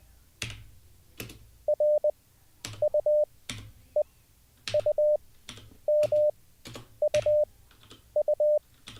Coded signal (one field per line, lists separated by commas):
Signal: Morse code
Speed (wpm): 20 wpm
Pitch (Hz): 590 Hz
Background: none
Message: R U E U M U U